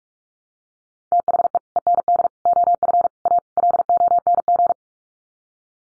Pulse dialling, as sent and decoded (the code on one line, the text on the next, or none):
none